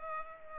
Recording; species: mosquito wingbeat signal from an infrared sensor; Culex pipiens